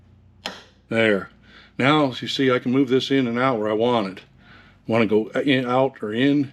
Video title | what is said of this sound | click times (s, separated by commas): MAGNIETIC CHUCK AND CARRIAGE LOCK | you'll hear it snap there | 0.5 s